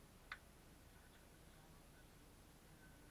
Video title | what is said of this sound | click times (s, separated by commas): Bosch GET 55-125 Direct Drive Random Orbital Sander Review!! | It's just a little sprung red button to release it and clicks back in place when needed. | 0.3 s